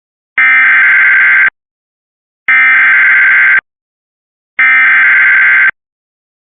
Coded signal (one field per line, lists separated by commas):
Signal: Emergency Alert System (SAME) tones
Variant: header bursts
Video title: Severe Thunderstorm Warning EAS #2 (Cox) 6/18/25